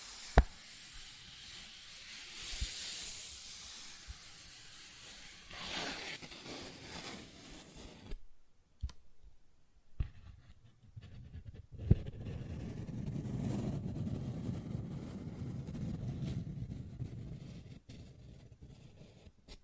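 A paper bag is scratched and rubbed, making bright, rustling hiss that swells around three and six seconds. Sharp taps land near the start, at about nine seconds and at twelve, followed by a lower, muffled rubbing that continues quietly to the end.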